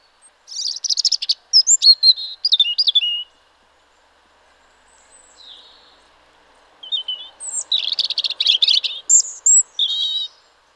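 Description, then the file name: European robin singing two high, tumbling phrases of thin trills and warbled notes, separated by a pause of a few seconds. "Erithacus rubecula"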